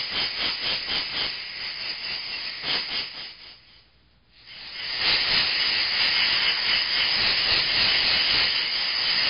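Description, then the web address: Insect buzz pulsing rapidly at first, fading away to near silence midway, then returning as a loud, steady high hiss to the end. "animali insetti insetti insect"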